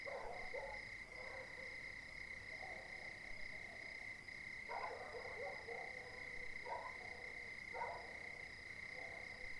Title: CILAOS quartier des Étangs - 20190120_02h59 chiens pour la nuit